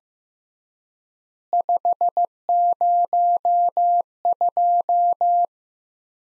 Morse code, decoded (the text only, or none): 502